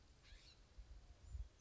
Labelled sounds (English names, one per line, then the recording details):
California Scrub-Jay
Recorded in Sonoma County, California